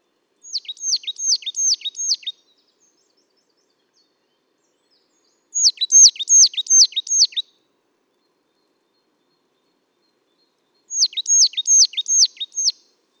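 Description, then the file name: Marsh tit giving three bursts of several rapid, high, downslurred notes, with pauses of several seconds between bursts, against near silence. "Poecile palustris"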